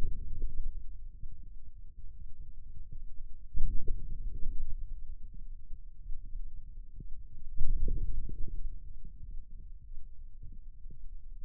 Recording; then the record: forearm muscle sounds (acoustic myography)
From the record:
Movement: outward rotation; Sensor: system 2, bracelet of six BSWA MPA416 microphones around the upper forearm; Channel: 2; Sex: male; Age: 22 years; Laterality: right